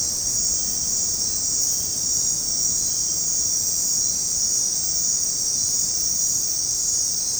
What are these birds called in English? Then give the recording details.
none. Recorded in dense forest near Puerto Asís, Putumayo, Colombia, on 20 February 2024 at 22:30. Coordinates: 0.503, -76.322. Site G6418